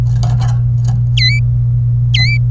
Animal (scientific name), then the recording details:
Serinus canaria. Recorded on 27 April 2018 at 15:09. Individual llb3